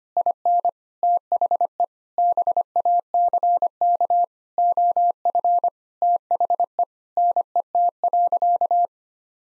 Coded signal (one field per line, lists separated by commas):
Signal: Morse code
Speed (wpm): 25 wpm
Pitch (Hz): 700 Hz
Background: none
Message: IN THE BACK OF THE NET.